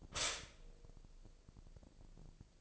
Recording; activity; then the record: daily activity, microphone in the room; stop toaster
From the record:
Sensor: 5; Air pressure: 1007.1 hPa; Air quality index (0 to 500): 125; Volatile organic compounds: 1 ppm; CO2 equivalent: 952 ppm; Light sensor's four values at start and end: 27/62/26/26 and 27/62/26/26